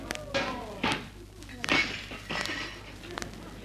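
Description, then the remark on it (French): Dishes clatter and knock together as a footman gathers them onto a tray, with half a dozen sharp, irregular crashes and thuds spread across a few seconds, noisy rather than careful. “Resté seul en scène, le valet de pied ramasse la vaisselle avec la discrétion que vous entendez.”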